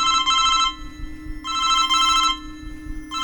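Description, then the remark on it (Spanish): A mobile phone rings with a bright electronic trill in repeating bursts, short pauses between each pair, over a steady low hum. “Venga, cógelo.”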